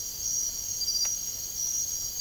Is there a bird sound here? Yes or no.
no